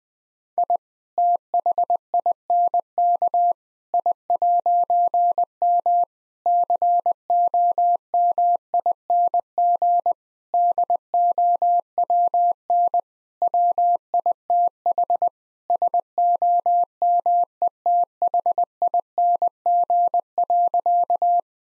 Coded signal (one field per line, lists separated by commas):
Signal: Morse code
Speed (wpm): 20 wpm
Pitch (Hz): 700 Hz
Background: none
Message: I THINK I'M COMING DOWN WITH SOMETHING.